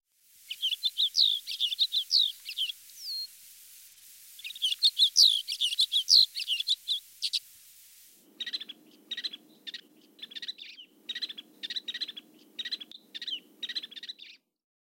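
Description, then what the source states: Snow Bunting song: two short phrases of sweet, rapid warbling, then a long series of brief clipped notes repeated in quick groups, with a faint low hum behind. Eastern-Central region.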